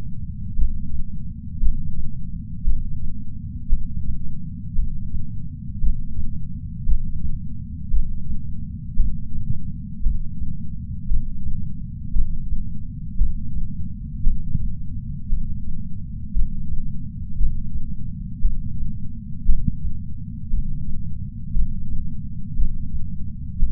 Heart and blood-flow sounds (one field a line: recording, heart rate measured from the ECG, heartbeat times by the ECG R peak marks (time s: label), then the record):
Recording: heart sounds by patch sensor on the chest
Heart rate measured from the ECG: 57 bpm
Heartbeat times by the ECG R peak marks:
0.56 s: heartbeat
1.60 s: heartbeat
2.64 s: heartbeat
3.69 s: heartbeat
4.75 s: heartbeat
5.80 s: heartbeat
6.85 s: heartbeat
7.90 s: heartbeat
8.96 s: heartbeat
10.03 s: heartbeat
11.08 s: heartbeat
12.13 s: heartbeat
13.18 s: heartbeat
14.23 s: heartbeat
15.29 s: heartbeat
16.33 s: heartbeat
17.37 s: heartbeat
18.41 s: heartbeat
19.46 s: heartbeat
20.50 s: heartbeat
21.53 s: heartbeat
22.56 s: heartbeat
23.59 s: heartbeat
From the record:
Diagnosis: coronary artery disease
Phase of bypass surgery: intraoperative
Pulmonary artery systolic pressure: 30 mmHg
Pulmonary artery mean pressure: 21 mmHg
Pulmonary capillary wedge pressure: 19 mmHg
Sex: male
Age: 57 years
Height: 183 cm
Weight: 85 kg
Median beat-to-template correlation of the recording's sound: 0.88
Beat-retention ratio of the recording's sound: 1.00